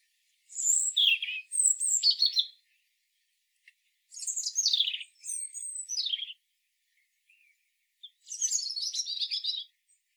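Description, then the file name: European robin singing three separate high phrases, each a tumbling run of thin whistles and descending twittery notes, with short silent gaps between them. "Erithacus rubecula"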